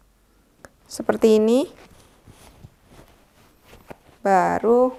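A plastic strap buckle on a baby carrier is fastened, giving a sharp click at 0.6 s as it snaps shut and seats. Someone talks in bursts around it, with faint handling rustles between the words.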